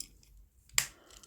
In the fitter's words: click into place